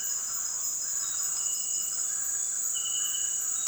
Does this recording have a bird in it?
yes